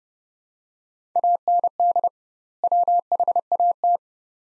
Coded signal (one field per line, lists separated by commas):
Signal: Morse code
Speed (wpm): 30 wpm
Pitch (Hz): 700 Hz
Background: none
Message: AND WHAT